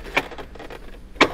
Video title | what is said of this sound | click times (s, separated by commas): KitchenAid Refrigerator Not Cooling? Thermistor Replacement & Troubleshooting & More! | so you have to click the left and the right and you'll hear it click and | 0.2 s, 1.2 s